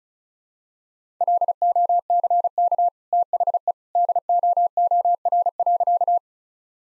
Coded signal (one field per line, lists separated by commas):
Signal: Morse code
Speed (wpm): 36 wpm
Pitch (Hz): 700 Hz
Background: none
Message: LOCK THE DOOR.